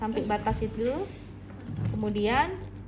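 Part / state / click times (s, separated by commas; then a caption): contraceptive implant rod in insertion applicator / not seated / none. During a contraceptive implant insertion demo, the applicator needle holding the second rod is inserted up to its limit and the plunger is about to be pushed to deploy it, which should give two clicks when done. Someone talks throughout, with faint handling noise underneath. Nothing has clicked or seated yet in this clip.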